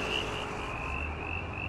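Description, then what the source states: Southern brown tree frog calling with a thin, high, steady note held throughout, over a constant low rumble of road traffic. Male mating call, to attract females, with nearby traffic noise added; traffic cuts the distance a male can be heard from hundreds of metres to about 20 or 50 metres.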